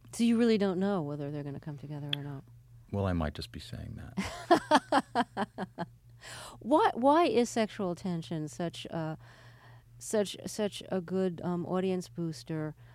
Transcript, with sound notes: So you really don't know whether they're come together or not.
Well, I might just be saying that.
(laughs) Why is sexual tension such a good audience booster?